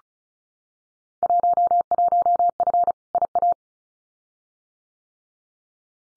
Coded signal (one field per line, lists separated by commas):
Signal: Morse code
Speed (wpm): 36 wpm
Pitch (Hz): 700 Hz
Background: none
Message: 11F IA